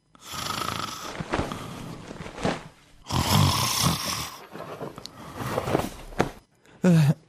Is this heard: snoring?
yes